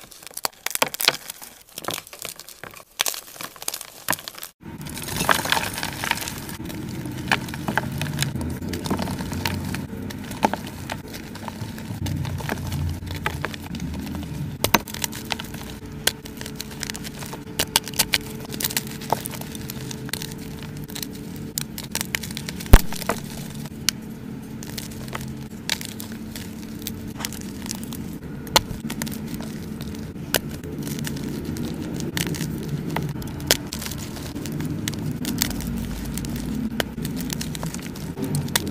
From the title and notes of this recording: Audio only compilation of joolz asmr crushes.